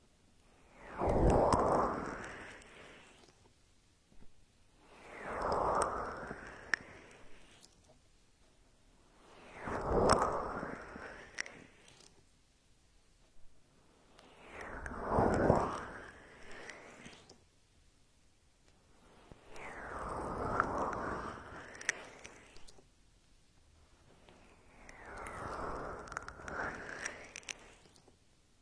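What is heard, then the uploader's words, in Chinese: Vigorous ear rubbing with essential oil: slick, wet friction swells up and fades in six long strokes, one roughly every five seconds. Each pass carries a squelchy, crackling texture with faint clicks, separated by brief near-silent pauses. 暴力精油搓耳！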